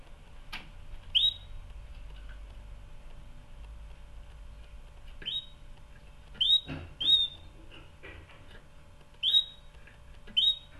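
Canary giving brief rising whistled notes, some in quick pairs, separated by pauses, alongside occasional clicking and tapping noises.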